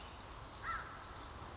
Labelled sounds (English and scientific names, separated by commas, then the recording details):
American Crow (Corvus brachyrhynchos)
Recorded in Sonoma County, California